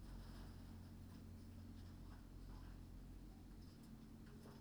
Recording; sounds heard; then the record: poultry house recording; healthy chickens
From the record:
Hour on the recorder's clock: 21